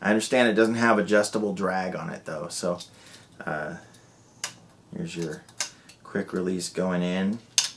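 Someone talks while a quick-release plate is pushed toward the clamp of a Fancier/Cowboystudios FC-02H fluid head on an FC-270A tripod, with a few light handling taps and one sharp knock at about 4.4 s. The clip ends before the plate goes home, so nothing has seated or clicked yet.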